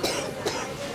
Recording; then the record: coughing mixed with background sound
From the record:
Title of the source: 55 gaggy wet cough